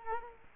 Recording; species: mosquito wingbeat signal from an infrared sensor; Culex quinquefasciatus